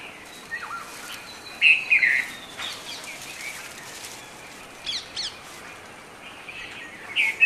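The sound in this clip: Red-vented bulbul song, short chirpy phrases around two seconds and at the end, with sharp high ticking sounds and other faint bird notes between.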